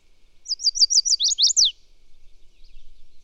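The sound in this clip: Bird phrase of rapid repeated high slurred notes dropping into a few lower sweeps, lasting just over a second before near silence.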